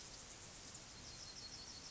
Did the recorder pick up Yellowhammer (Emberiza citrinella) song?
no